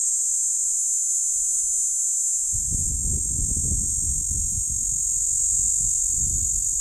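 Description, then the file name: Platypleura plumosa cicada: a continuous, shrill, high-pitched buzz holding steady throughout, with low rumbling wind noise rising after a few seconds. Platypleura plumosa, recorded at Steytlerville. "P plumosa Steydtlerville"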